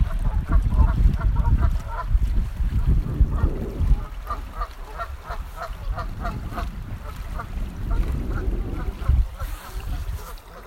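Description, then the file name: Goose: geese giving nasal honks near the start and a rapid run of honks through the middle, over loud low-pitched sloshing water. "Geese and Water"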